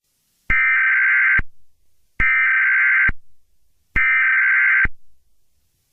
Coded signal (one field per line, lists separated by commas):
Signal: Emergency Alert System (SAME) tones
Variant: header bursts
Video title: Eas scenario 5 swamp monster